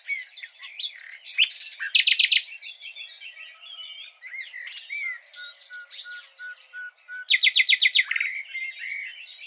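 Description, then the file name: Common nightingale song with varied chirps, whistles and short rapid trills, including a loud burst of repeated notes near the end. "Luscinia megarhynchos"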